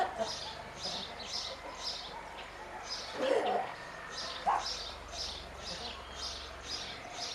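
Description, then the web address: Bird calls: short, high chirps repeated in a series, with a lower, louder burst near the middle and soft background hiss. "cianscape birddata 2025 Bird Only Co Pa"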